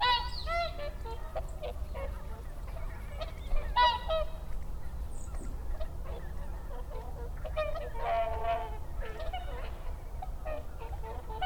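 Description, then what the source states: Whooper swan flock giving rapid, irregular trumpeting honks, several birds overlapping, a dense burst in the latter part, over low rumble. Recorded 30 December 2009.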